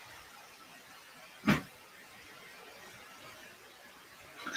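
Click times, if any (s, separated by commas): none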